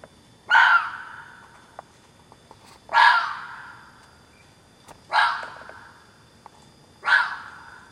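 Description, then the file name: Fox barking: four coarse, throaty calls roughly every two seconds, each dying away slowly, with a few faint clicks between them. "renards"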